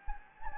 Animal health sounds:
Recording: mosquito wingbeat signal from an infrared sensor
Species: Anopheles gambiae

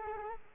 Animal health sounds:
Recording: mosquito wingbeat signal from an infrared sensor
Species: Culex quinquefasciatus

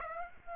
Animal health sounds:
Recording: mosquito wingbeat signal from an infrared sensor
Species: Aedes aegypti

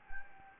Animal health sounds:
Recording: mosquito wingbeat signal from an infrared sensor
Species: Anopheles gambiae

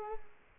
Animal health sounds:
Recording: mosquito wingbeat signal from an infrared sensor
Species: Culex quinquefasciatus

